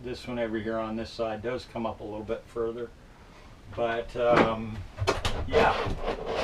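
Someone talks while a folding table/shelf on a cargo trailer wall is handled and swung toward position by its folding stainless steel shelf bracket. Short, broad knocks and rattles of handling follow from about 5 s to the end. Nothing has seated or locked yet.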